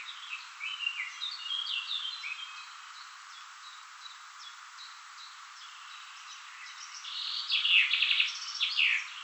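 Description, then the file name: Common chaffinch song: a descending series of phrases, a quieter stretch, then a louder burst of notes near the end. "Fringilla coelebs"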